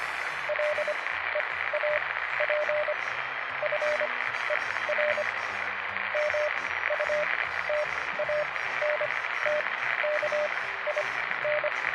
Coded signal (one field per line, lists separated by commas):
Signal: Morse code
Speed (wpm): 25 wpm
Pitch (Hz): 600 Hz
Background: none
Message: LEAP FER MUTANTKIN